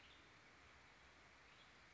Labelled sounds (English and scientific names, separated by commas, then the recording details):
Western Tanager (Piranga ludoviciana)
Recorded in Sonoma County, California